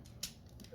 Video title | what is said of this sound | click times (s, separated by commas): Edoggz Reviews: Transformers Studio Series 86-30 Leader Class Springer | till it clicks into place, bring it down on the leg. | 0.2 s